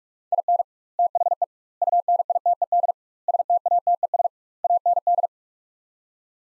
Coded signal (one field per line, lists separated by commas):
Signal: Morse code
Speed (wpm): 47 wpm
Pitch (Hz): 700 Hz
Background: none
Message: IN THE UNITED STATES AND